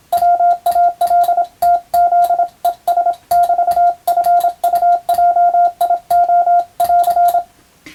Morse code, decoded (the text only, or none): WALTZES <BT> FUJIO <AR>